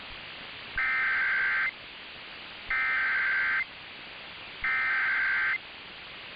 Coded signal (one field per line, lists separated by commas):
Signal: Emergency Alert System (SAME) tones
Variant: header bursts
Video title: CALIFORNIA FLOODING AND STORMS... EAS Alerts from 1/9/23 - 1/10/23 (EAS #1,853 - 1,861)